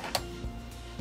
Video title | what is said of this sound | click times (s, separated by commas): 🚐💨 Living in the World's FIRST Winnebago View 24T - Full RV Tour! - Newstate Nomads | they lock into place | 0.2 s